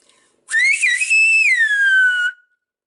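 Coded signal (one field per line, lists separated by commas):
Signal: whistled language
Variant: Silbo herreño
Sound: one continuous whistled phrase, rising and wavering, then holding high and falling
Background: quiet room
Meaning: A greeting wishing good morning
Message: buenos días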